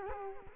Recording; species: mosquito wingbeat signal from an infrared sensor; Culex quinquefasciatus